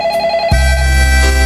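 A WhatsApp notification tone plays on a phone on its own: a bright electronic chime that abruptly shifts after half a second into a louder, sustained tonal chord with a strong low hum underneath.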